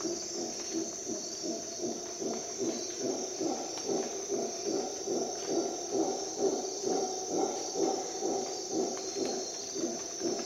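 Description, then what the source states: Howler monkey roaring, dense rhythmic pulses running continuously, layered over a high constant insect drone. Recorded at dawn in the jungle of Costa Rica during an expedition.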